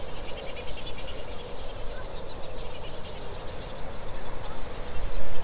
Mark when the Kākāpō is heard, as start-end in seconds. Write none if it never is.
none